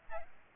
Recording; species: mosquito wingbeat signal from an infrared sensor; Aedes albopictus